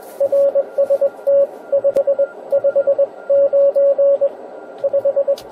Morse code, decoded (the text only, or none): RST 559 5